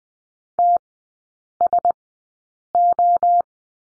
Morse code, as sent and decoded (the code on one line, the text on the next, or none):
- ... ---
TSO